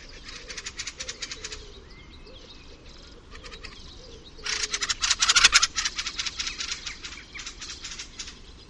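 Fieldfare giving harsh, dry chattering calls in quick irregular bursts that grow louder and denser midway.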